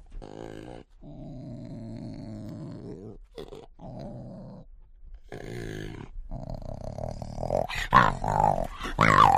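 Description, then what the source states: Jaguar cub giving low moaning grunts and snorts in several bursts, then louder raspy wails and squeals toward the end. Cub snorting and wailing, recorded close-up.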